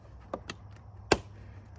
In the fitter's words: and just lock these